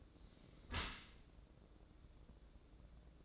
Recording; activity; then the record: daily activity, microphone in the room; close dishwasher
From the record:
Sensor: 3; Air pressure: 1012.3 hPa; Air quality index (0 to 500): 158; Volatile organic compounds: 2 ppm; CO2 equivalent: 1211 ppm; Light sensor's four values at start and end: 446/1093/448/437 and 440/1078/442/430